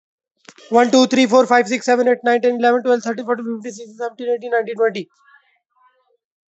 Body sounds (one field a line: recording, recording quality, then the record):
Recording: counting at a fast pace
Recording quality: excellent, no background noise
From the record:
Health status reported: healthy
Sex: male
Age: 35 years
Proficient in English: yes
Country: India